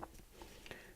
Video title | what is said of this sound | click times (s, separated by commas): Sony HDR-AS100VR Action Camera Unboxing & First Look | because it's quite tight, but that's basically slots onto there and then snaps into place. So look, there we go. | 0.7 s